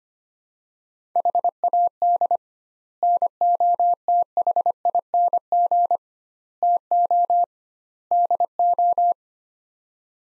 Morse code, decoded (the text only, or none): HAD NOTHING TO DO